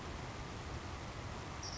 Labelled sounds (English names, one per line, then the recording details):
Savannah Sparrow
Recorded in Sonoma County, California